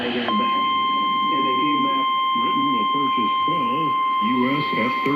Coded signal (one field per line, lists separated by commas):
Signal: Emergency Alert System (SAME) tones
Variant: 1050 Hz attention tone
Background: speech